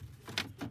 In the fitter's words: remember it just snaps right in